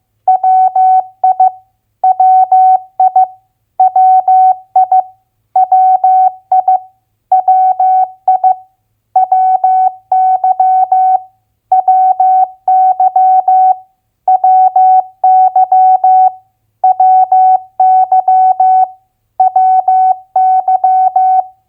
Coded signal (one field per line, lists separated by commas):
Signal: Morse code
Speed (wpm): 15 wpm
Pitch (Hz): 750 Hz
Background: none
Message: WI WI WI WI WI WY WY WY WY WY